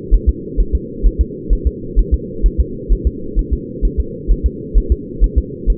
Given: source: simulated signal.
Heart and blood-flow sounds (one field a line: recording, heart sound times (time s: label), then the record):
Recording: fetal heart sounds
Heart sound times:
0.14 s: S1
0.29 s: S2
0.60 s: S1
0.75 s: S2
1.06 s: S1
1.21 s: S2
1.53 s: S1
1.67 s: S2
1.99 s: S1
2.14 s: S2
2.46 s: S1
2.60 s: S2
2.93 s: S1
3.07 s: S2
3.39 s: S1
3.53 s: S2
3.85 s: S1
4.00 s: S2
4.31 s: S1
4.46 s: S2
4.78 s: S1
4.92 s: S2
5.24 s: S1
5.38 s: S2
5.70 s: S1
From the record:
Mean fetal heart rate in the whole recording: 130 bpm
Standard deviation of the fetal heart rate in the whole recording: 2 bpm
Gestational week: 36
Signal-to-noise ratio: -4.3 dB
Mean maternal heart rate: 72 bpm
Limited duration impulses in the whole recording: absent